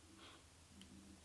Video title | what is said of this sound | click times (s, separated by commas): How To Insert & Remove Captive Bead Rings - UrbanBodyJewelry.com | and there we have it snaps back into place | 0.8 s